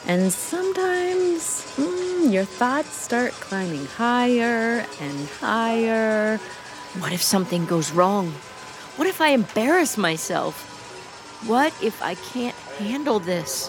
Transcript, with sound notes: And sometimes your thoughts start climbing higher and higher.
[Roller coaster climbing] “What if something goes wrong?” “What if I embarrass myself?” “What if I can’t handle this?”